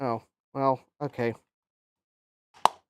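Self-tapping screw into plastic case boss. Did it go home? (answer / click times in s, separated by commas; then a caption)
yes / 2.7 s. Someone talks briefly, then, while the Amiga Tank Mouse case is being reassembled, a self-tapping screw is turned backwards in a plastic case boss. At 2.7 s it drops into the existing threads with a small, sharp snap, so it is seated in the old threads instead of cutting a new set.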